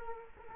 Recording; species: mosquito wingbeat signal from an infrared sensor; Culex quinquefasciatus